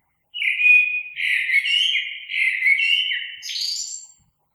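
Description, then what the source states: Common blackbird producing a single sustained phrase of linked mellow whistles, stepping slightly in pitch and finishing with a high, thin chattering flourish. Recorded 3 March 2020.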